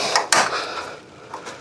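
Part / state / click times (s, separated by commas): window blind headrail into wall mounting bracket / seated / 0.3 s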